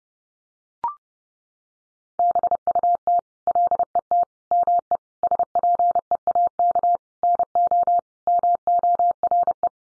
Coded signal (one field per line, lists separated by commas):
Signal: Morse code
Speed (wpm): 30 wpm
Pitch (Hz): 700 Hz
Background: none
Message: BUT LET ME SPEAK NO MORE